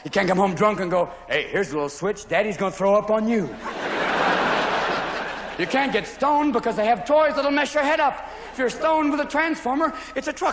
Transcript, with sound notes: You can't come home drunk and go, hey, here's a little switch - daddy's going to throw up on you.
(LAUGHTER)
You can't get stoned because they have toys that'll mess your head up. If you're stoned with a Transformer - it's a truck,